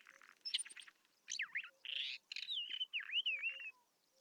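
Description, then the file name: Isabelline Wheatear song: a varied run of short whistles and buzzy notes, ending in a wavering whistled phrase that rises and falls several times. Recorded at Telmen Nuur, Mongolia. "isawheat mng telmen-nuur"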